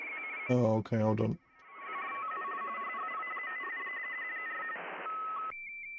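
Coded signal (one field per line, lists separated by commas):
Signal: RTTY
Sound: short spoken voice, then several overlapping warbling two-tone teleprinter signals over hiss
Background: speech, radio static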